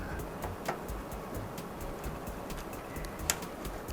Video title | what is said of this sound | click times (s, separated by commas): Cómo montar un pc fácilmente en 2025 | hasta que haga clic. | 3.3 s